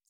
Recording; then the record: hydrophone in a shrimp aquaculture tank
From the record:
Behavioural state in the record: feeding